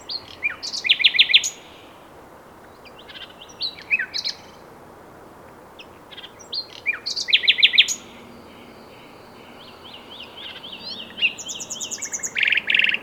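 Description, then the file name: Common nightingale song: loud rattling bursts and scattered chirps, then a run of repeated notes growing louder and leading into a fast, intense trill. "Luscinia megarhynchos"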